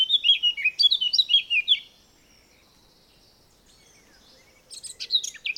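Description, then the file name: Eurasian blackcap song: two quick bursts of fluting, warbled notes around mid-high pitch, then a pause and a brief, scratchier high phrase at the end. "Sylvia atricapilla"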